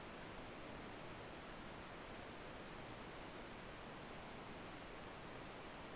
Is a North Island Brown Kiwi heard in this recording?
no